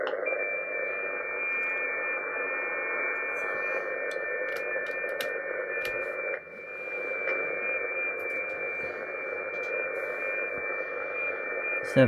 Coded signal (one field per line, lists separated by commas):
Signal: FT8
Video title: New - ATS25 Pro+ Air , VHF(am) - HF Bluetooth - WiFi 2025